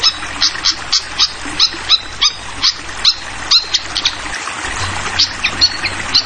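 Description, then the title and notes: Flycatcher chip calls, short sharp high notes repeated rapidly, with a steady wash of flowing water behind. Masteran (tutoring) of clear-voiced flycatcher song mixed with trickling water, for training songbirds. "Masteran Sikatan Kipas Suara Jernih Dan Suara Gemericik Air. Suara Burung Sikatan Londo"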